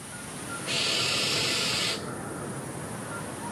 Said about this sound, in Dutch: Op de redactie kwamen we erachter. Het is een kerkuil. En op de achtergrond ook nog een vroedmeesterpad.